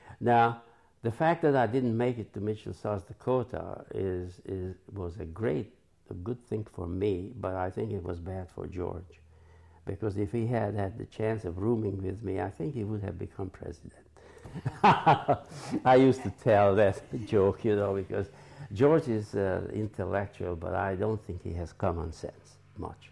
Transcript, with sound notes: Now, the fact that I didn't make it to Mitchell, South Dakota is — is — was a great — a good thing for me but I think it was bad for George, because if he had had the chance of rooming with me, I think he would have become president. [laughs] I used to tell that joke, you know, because George is intellectual but I don't think he has common sense much.